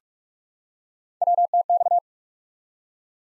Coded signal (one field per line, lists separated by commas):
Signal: Morse code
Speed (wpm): 44 wpm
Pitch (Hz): 700 Hz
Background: none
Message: WTX